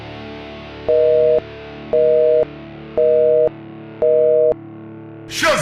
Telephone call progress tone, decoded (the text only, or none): busy tone